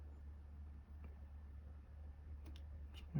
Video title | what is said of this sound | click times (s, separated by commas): FANHOME Star Wars - Build the Millennium Falcon - Stage 24 | make sure we light there we go you can hear it clicking when it's in the right place | 1.0 s, 2.6 s